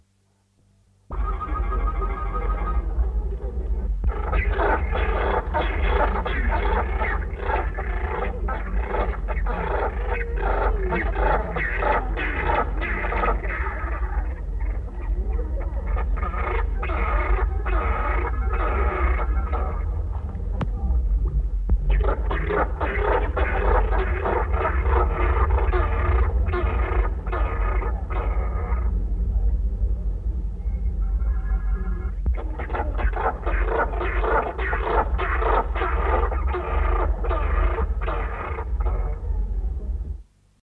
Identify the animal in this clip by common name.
Southern Rockhopper Penguin